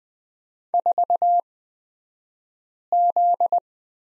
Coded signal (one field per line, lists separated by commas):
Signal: Morse code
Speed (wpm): 20 wpm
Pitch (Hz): 700 Hz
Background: none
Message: 4Z